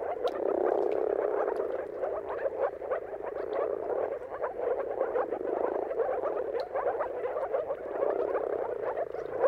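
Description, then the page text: Dense moor frog chorus, low muffled gurgling notes overlapping steadily throughout, with occasional faint clicks above. Mating chorus of moor frogs at sunrise, at the turn of March and April depending on the weather. "Jakub-Orzecki moor frogs. Dawn’s Chorus: Mating Calls of Marsh Frogs at Sunrise. Depending on the weather at the turn of March and April, you can witness an amazing spectacle of moor frogs"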